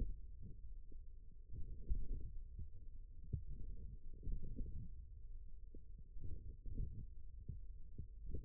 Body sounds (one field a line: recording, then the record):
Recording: forearm muscle sounds (acoustic myography)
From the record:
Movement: wrist extension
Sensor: system 1, eight BSWA MPA416 microphones around the upper forearm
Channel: 7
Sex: male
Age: 41 years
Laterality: right